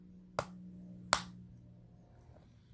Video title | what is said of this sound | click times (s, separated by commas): Replace Your Ford Key Fob Battery in Minutes - Easy DIY Hack | Push the casing back together firmly until it clicks. | 0.4 s, 1.1 s